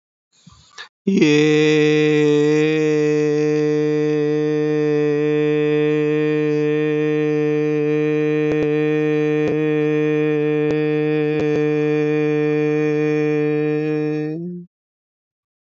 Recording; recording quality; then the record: sustained vowel as in made; excellent, no background noise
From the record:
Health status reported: healthy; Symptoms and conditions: none ticked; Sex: male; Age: 35 years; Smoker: not ticked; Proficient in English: yes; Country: India